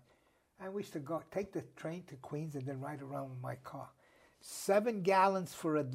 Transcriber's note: none